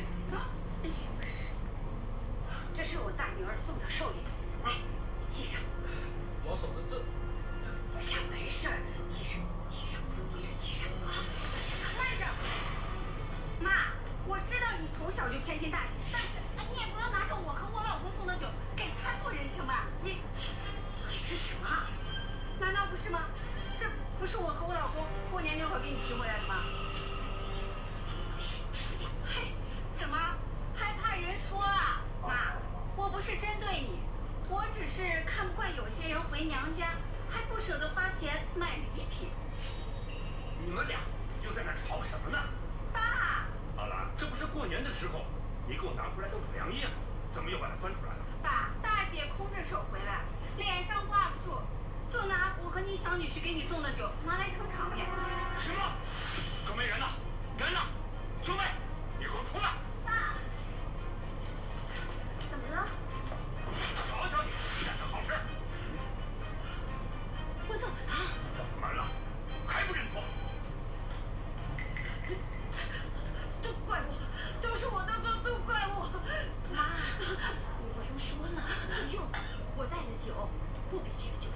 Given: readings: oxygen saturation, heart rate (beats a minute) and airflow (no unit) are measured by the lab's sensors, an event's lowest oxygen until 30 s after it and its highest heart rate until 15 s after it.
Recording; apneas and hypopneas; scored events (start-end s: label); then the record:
a person awake in a sleep study, by a smartphone at the bedside; none
0.00-81.55 s: awake
From the record:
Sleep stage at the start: awake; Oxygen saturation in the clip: 92 to 94%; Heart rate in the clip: 56 to 65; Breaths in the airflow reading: 26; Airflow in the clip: -6.0 to 6.9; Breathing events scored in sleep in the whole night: 476 in 9.7 hours asleep